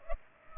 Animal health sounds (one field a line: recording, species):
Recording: mosquito wingbeat signal from an infrared sensor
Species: Culex pipiens